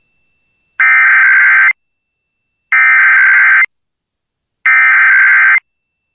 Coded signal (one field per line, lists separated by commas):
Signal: Emergency Alert System (SAME) tones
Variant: header bursts